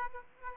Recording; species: mosquito wingbeat signal from an infrared sensor; Aedes aegypti